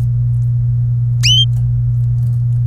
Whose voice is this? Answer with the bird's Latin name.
Serinus canaria